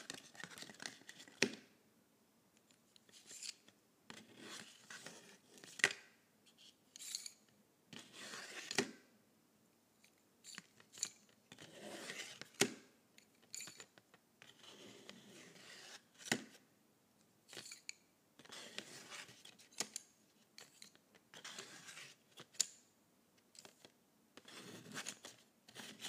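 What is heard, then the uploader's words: Colored pencils scratching and tapping in bursts, each stroke a bright, dry rasp lasting a second or two. Sharp clicks, like pencils set down or knocking together, land every few seconds. Quiet gaps separate the irregular strokes throughout. ASMR Colored Pencils.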